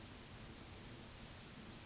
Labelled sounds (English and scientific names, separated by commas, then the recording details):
Yellowhammer (Emberiza citrinella) song
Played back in grassland
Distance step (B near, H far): E
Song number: 022